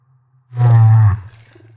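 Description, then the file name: Humpback whale song unit: a deep, roaring low groan lasting under a second, heavy in bass with many harmonics. Recorded off Maui. "Humpback Whale - Maui Whale One"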